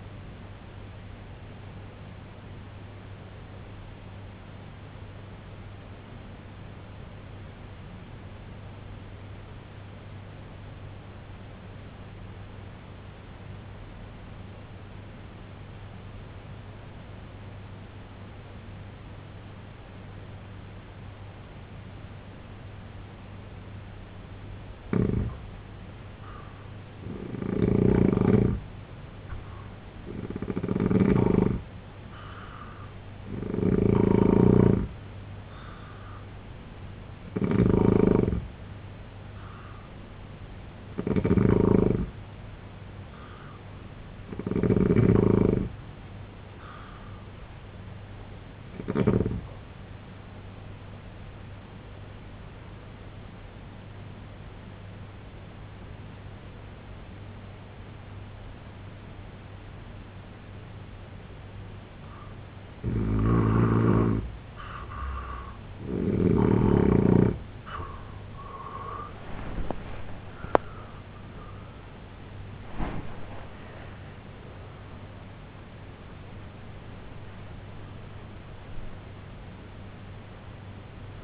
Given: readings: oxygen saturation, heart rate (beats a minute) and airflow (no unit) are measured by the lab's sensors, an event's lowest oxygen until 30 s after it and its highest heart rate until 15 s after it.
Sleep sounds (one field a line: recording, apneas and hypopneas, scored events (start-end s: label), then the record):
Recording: breathing in sleep by a voice recorder at the bedside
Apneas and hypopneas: 2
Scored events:
5.00-24.90 s: obstructive apnea (N1, oxygen 95% highest, then 84% lowest, heart rate 61 at the start, 80 highest)
8.00-38.00 s: new sleep stage, N2 (light sleep)
38.00-81.24 s: new sleep stage, N1 (lightest sleep)
48.00-65.00 s: hypopnea (N1, oxygen 88% highest, then 81% lowest, heart rate 73 at the start, 96 highest)
From the record:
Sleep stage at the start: N1 (lightest sleep)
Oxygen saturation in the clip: 83 to 95%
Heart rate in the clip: 58 to 96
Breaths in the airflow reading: 13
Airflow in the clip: -9.2 to 11.6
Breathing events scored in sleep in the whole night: 258 in 7.4 hours asleep